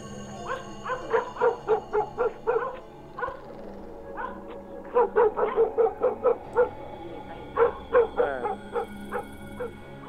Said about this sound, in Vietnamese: Ở xung quanh, tiếng chó cứ sủa ầm ĩ cả lên, rồi chó tru dài rộn ràng cả xóm, tạo lên cái thứ âm thanh hỗn độn đến khó chịu.